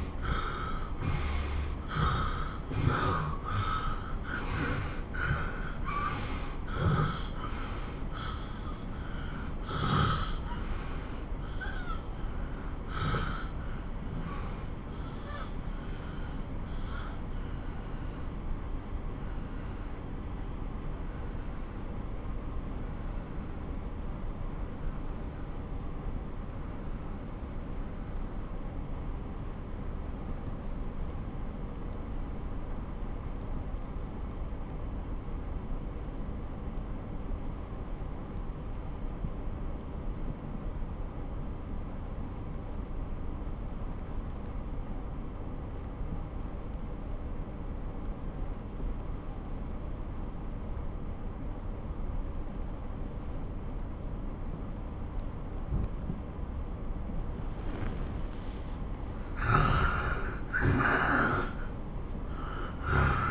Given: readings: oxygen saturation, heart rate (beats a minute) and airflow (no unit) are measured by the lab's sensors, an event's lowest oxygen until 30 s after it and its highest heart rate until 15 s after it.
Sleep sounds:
breathing in sleep by a smartphone at the bedside; 1
12.00-58.00 s: obstructive apnea (N1, oxygen 97% highest, then 81% lowest)
17.00-47.00 s: new sleep stage, N2 (light sleep)
47.00-63.31 s: new sleep stage, N1 (lightest sleep)
From the record:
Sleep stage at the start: N1 (lightest sleep); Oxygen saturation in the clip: 86 to 97%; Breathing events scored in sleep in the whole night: 217 in 6.3 hours asleep

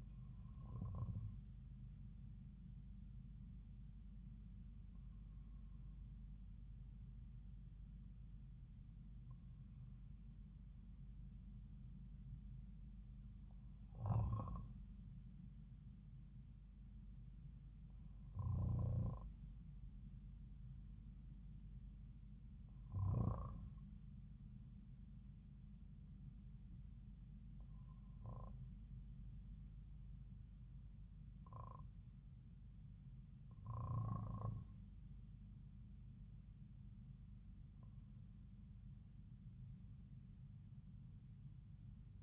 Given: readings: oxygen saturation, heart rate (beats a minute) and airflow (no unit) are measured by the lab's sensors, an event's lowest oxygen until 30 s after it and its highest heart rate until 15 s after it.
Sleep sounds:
breathing in sleep by a smartphone at the bedside; none
none scored
From the record:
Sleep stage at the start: N1 (lightest sleep); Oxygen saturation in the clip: 92 to 93%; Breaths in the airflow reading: 10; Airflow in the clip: -4.0 to 3.5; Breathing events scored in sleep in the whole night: 270 in 6.1 hours asleep

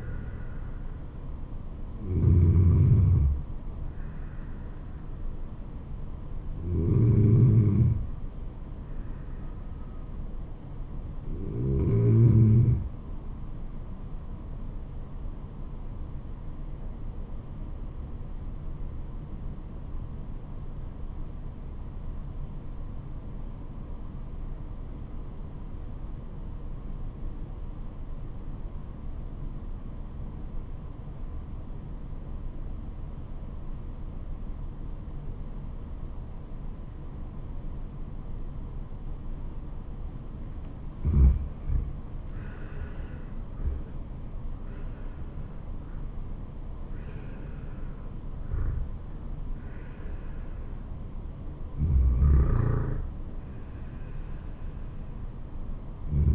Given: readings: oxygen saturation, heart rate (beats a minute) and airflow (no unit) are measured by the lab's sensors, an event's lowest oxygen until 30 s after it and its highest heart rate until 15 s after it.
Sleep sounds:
breathing in sleep by a smartphone at the bedside; 1
18.00-41.90 s: obstructive apnea (N2, oxygen 97% highest, then 87% lowest, heart rate 74 at the start, 84 highest)
51.00-56.35 s: new sleep stage, N1 (lightest sleep)
From the record:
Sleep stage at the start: N2 (light sleep); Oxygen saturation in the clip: 88 to 97%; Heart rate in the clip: 67 to 84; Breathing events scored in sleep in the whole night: 426 in 7.4 hours asleep

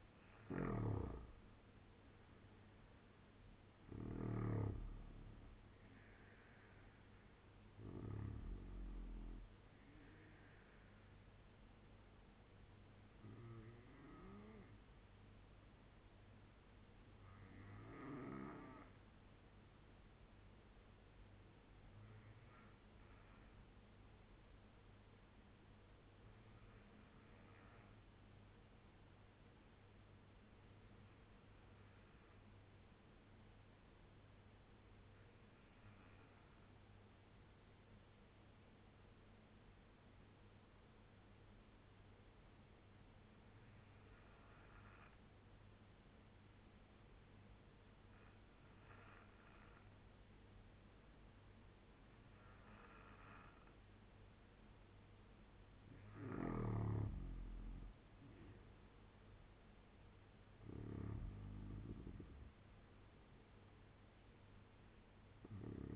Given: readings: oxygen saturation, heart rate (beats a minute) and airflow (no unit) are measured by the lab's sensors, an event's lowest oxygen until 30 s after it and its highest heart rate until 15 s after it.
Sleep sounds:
breathing in sleep by a voice recorder at the bedside; 1
23.00-53.00 s: new sleep stage, N3 (deep sleep)
27.00-53.50 s: obstructive apnea (N3, oxygen 95% highest, then 85% lowest, heart rate 74 at the start, 78 highest)
53.00-65.96 s: new sleep stage, N2 (light sleep)
From the record:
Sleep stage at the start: N2 (light sleep); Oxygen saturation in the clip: 84 to 95%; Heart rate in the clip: 66 to 83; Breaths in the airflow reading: 8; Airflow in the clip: -7.8 to 9.6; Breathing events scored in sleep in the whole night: 201 in 6.5 hours asleep

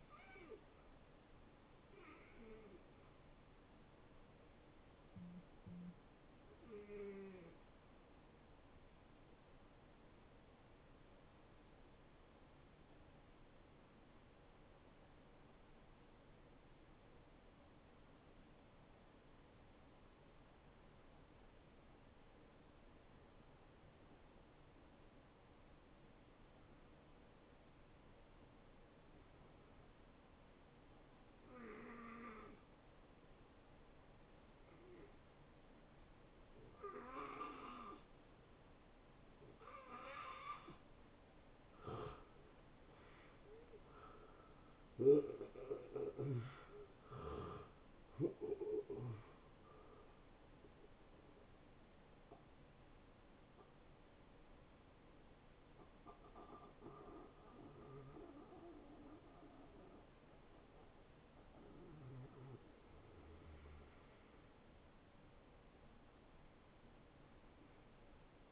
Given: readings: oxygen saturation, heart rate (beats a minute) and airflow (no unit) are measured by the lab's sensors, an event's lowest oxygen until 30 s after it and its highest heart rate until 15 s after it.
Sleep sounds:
breathing in sleep by a voice recorder at the bedside; 1
4.00-64.00 s: new sleep stage, N1 (lightest sleep)
12.00-42.60 s: hypopnea (N1, oxygen 92% highest, then 80% lowest, heart rate 75 at the start, 86 highest)
64.00-68.52 s: new sleep stage, N2 (light sleep)
From the record:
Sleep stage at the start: N2 (light sleep); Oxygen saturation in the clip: 79 to 92%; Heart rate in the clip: 72 to 86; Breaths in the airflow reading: 10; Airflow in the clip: -23.6 to 12.6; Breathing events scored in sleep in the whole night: 263 in 5.5 hours asleep

